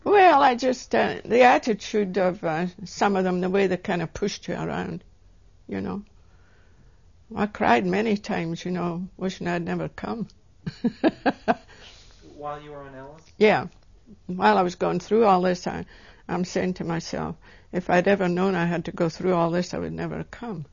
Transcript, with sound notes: Well, I just, the attitude of some of them, the way they kind of pushed you around, you know. I cried many times, you know, wishing I had never come. (She laughs.)
While you were on Ellis?
Yeah, while I was going through all this, I was, I'm saying to myself, "If I'd ever known I had to go through all this I would never have come."